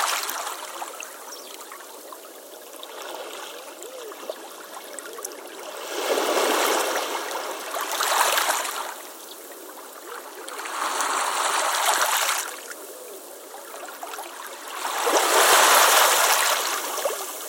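Small waves wash over pebbles in a gentle creek, a steady trickling bed of water sound with no low rumble. Brighter, louder surges of rushing water swell in around six, eight, eleven to twelve, and fifteen to seventeen seconds, then ease back.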